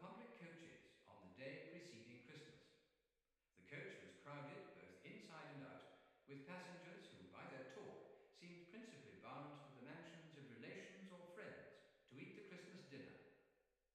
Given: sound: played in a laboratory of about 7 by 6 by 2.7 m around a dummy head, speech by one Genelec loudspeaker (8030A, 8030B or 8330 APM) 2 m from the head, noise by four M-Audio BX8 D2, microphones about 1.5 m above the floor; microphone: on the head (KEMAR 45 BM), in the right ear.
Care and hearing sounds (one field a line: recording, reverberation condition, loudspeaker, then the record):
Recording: male speech in English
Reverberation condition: high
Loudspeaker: behind (180 degrees)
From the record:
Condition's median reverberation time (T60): about 1300 ms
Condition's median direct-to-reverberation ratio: about -4.0 dB